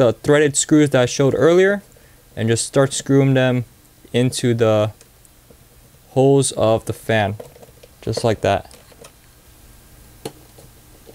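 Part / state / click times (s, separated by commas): screw into plastic cooler fan bracket / seated / 10.3 s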